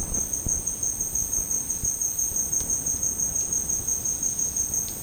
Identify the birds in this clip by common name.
none